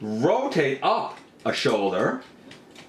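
Someone talks while a shoulder on a plastic Baiwei KO Transformers Studio Series 54 Megatron transforming robot figure is being rotated up toward the point where its ratchet joint clicks into place. Only faint, quiet handling sounds are heard under and after the talking, and nothing has seated or clicked yet.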